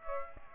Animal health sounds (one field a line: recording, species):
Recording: mosquito wingbeat signal from an infrared sensor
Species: Aedes aegypti